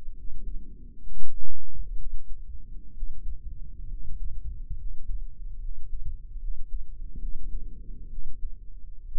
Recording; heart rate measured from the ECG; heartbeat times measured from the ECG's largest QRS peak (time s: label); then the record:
heart sounds by microphone in the right ear; 67 bpm
0.12 s: heartbeat
1.00 s: heartbeat
1.94 s: heartbeat
2.91 s: heartbeat
3.85 s: heartbeat
4.74 s: heartbeat
5.57 s: heartbeat
6.37 s: heartbeat
7.17 s: heartbeat
8.07 s: heartbeat
9.04 s: heartbeat
From the record:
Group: healthy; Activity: rest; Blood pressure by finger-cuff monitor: 125/75 mmHg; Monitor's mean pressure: 91 mmHg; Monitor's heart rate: 68 bpm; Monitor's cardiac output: 7.3 L/min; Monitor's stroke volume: 109 mL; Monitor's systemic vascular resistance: 910 dyn s/cm5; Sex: male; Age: 23 years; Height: 178 cm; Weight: 96.6 kg